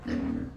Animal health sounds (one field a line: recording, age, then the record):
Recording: pig call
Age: growing-finishing pig (85 days or more)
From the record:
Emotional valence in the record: negative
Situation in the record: barren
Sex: female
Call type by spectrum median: low-frequency call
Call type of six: low-frequency stable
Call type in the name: low-frequency stable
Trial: 1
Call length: 0.57 s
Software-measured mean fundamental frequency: 54 Hz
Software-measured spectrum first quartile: 211 Hz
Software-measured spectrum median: 281 Hz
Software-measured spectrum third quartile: 525 Hz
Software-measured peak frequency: 262 Hz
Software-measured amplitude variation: 216 dB a second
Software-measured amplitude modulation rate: 30.6 a second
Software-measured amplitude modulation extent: 7.1 dB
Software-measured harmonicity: 5.0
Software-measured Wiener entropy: -0.38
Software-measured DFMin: 1108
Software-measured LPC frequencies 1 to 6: 290, 1114, 1824, 2862, 3864, 4480 Hz